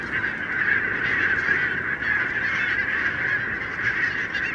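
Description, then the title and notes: Barnacle goose: barnacle geese massed together, continuous overlapping yelps making a dense, even wall of sound. Flock of about 20,000 on wintering grounds in winter, Renesse, Netherlands, 12 January 2009; recorded with Nagra LB and Telinga P7. "Renesse - Pays-bas. 20 000 Bernache nonnette ( Branta leucopsis) en Hollande"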